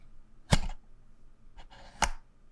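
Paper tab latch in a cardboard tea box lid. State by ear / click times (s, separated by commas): released / 2.0 s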